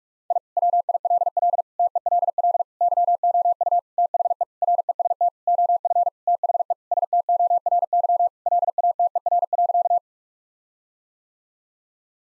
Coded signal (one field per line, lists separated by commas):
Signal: Morse code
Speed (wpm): 46 wpm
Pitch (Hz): 700 Hz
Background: none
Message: I WILL TELL YOU THE REST OF THE STORY LATER.